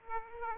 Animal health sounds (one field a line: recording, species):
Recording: mosquito wingbeat signal from an infrared sensor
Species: Aedes aegypti